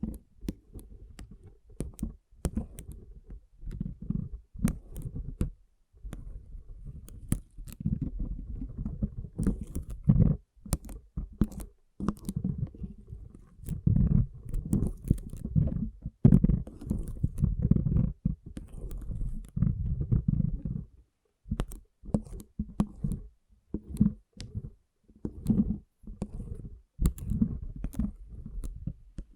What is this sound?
Soothing & Deep Water Beads Sounds